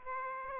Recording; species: mosquito wingbeat signal from an infrared sensor; Aedes aegypti